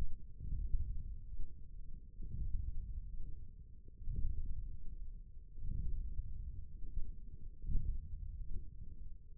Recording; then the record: forearm muscle sounds (acoustic myography)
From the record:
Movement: radial deviation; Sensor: system 1, eight BSWA MPA416 microphones around the upper forearm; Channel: 4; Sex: male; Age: 20 years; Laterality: left